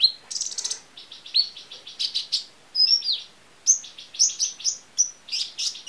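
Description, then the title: Small bird giving quick bursts of high chirps and buzzy trills, phrases repeated with short gaps. "Burung Kecil"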